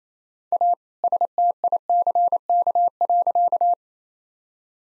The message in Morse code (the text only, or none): A STICK.